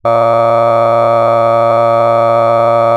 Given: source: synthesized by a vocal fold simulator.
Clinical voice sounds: sustained vowel; male; cycle-to-cycle stiffness perturbation (roughness), level 6 of 10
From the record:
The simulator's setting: 3.46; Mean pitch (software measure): 115 Hz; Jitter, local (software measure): 1.73%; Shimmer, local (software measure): 6.8%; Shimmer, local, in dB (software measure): 0.55 dB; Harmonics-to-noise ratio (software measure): 14.3 dB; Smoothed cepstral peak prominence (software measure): 19.2 dB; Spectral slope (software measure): -17.1 dB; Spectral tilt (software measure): -11.8 dB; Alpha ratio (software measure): -7.5 dB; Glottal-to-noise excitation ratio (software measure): 0.994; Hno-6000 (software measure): 2.4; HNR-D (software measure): 23.2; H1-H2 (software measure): 5.0 dB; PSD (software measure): 1.2e-04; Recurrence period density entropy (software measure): 0.106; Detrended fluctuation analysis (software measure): 0.0545

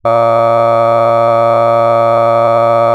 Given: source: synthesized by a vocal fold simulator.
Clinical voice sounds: sustained vowel; male; cycle-to-cycle stiffness perturbation (roughness), level 5 of 10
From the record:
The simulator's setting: 2.75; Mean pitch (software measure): 115 Hz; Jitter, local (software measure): 1.43%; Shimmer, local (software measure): 5.7%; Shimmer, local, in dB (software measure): 0.62 dB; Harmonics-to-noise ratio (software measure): 16.0 dB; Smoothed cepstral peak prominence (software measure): 19.9 dB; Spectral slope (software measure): -17.1 dB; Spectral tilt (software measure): -11.6 dB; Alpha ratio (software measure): -7.6 dB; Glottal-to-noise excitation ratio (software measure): 0.994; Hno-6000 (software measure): 2.4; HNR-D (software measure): 23.1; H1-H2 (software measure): 4.9 dB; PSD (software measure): 1.0e-04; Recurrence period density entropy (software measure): 0.107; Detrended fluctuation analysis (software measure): 0.0543

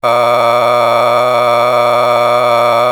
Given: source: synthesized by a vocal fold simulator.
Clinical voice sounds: sustained vowel; male; a random mix of aspiration noise, stiffness perturbation and strain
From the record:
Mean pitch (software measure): 120 Hz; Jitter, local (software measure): 1.93%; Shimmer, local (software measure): 9.7%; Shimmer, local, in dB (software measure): 0.82 dB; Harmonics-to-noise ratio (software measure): 10.3 dB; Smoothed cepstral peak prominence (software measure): 15.7 dB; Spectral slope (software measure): -13.0 dB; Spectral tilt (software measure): -10.0 dB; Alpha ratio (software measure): -3.5 dB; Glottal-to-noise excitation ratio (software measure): 0.944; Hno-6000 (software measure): 1.9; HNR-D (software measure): 23.7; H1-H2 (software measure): 1.4 dB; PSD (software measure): 2.1e-04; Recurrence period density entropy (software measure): 0.126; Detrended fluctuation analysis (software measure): 0.0299

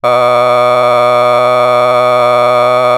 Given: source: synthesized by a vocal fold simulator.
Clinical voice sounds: sustained vowel; male; a random mix of aspiration noise, stiffness perturbation and strain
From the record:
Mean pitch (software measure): 123 Hz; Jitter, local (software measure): 1.19%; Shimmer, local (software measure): 3.9%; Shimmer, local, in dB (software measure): 0.35 dB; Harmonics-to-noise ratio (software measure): 15.5 dB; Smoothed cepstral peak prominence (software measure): 19.4 dB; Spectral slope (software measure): -13.5 dB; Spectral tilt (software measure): -10.0 dB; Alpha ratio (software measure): -4.0 dB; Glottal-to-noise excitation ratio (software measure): 0.992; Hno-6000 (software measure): 2.0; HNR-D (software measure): 26.8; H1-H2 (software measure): 1.0 dB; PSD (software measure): 1.1e-04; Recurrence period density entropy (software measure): 0.116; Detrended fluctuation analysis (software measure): 0.0297

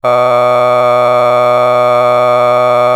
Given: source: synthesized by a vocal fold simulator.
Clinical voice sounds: sustained vowel; male; a random mix of aspiration noise, stiffness perturbation and strain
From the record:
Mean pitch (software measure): 123 Hz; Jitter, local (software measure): 1.19%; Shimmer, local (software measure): 5.1%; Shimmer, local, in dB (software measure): 0.44 dB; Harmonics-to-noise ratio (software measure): 16.5 dB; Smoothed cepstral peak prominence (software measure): 19.3 dB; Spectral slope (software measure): -14.9 dB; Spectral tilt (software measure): -10.4 dB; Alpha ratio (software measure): -5.3 dB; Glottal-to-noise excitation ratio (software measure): 0.985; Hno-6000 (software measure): 2.1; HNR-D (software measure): 28.0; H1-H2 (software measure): 1.7 dB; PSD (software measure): 1.0e-04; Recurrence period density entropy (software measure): 0.110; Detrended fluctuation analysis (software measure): 0.0320

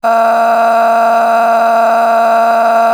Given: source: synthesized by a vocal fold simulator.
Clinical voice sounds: sustained vowel; female; a random mix of aspiration noise, stiffness perturbation and strain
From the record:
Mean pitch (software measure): 229 Hz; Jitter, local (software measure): 2.40%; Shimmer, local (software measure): 9.4%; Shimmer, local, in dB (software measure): 0.83 dB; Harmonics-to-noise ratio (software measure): 12.4 dB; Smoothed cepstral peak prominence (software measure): 11.2 dB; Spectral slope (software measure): -18.6 dB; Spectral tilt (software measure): -9.5 dB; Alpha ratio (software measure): -9.1 dB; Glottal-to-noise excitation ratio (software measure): 0.839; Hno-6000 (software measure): 1.9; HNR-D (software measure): 32.2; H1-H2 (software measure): -3.2 dB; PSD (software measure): 9.5e-05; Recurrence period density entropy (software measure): 0.118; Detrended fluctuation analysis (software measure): 0.0120

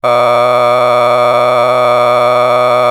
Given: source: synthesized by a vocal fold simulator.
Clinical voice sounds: sustained vowel; male; a random mix of aspiration noise, stiffness perturbation and strain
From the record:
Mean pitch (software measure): 122 Hz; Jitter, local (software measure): 1.98%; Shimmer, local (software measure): 7.2%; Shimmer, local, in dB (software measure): 0.65 dB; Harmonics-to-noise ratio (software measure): 11.4 dB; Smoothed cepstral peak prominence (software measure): 17.4 dB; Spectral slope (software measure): -13.6 dB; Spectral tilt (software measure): -10.2 dB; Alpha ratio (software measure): -4.0 dB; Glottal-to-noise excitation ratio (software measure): 0.984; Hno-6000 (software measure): 1.9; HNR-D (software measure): 24.7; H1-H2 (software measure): 1.0 dB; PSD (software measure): 1.7e-04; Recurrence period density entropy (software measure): 0.118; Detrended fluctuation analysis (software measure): 0.0300

